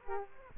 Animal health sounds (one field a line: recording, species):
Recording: mosquito wingbeat signal from an infrared sensor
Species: Aedes aegypti